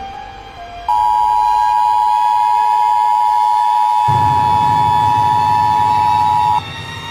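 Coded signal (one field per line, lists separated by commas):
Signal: Emergency Alert System (SAME) tones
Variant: 853 and 960 Hz attention tone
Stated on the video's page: Fictional EAS scenario based on the Pinewood Builders computer core game.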